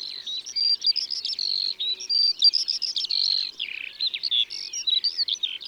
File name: Alouette des champs ABC des chants doiseaux